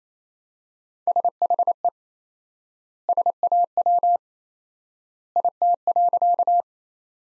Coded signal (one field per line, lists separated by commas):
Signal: Morse code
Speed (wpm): 28 wpm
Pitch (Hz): 700 Hz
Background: none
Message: SHE SAW IT.